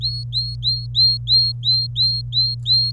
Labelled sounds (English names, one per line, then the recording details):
Domestic Canary song
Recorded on 26 April 2018 at 12:42
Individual llb3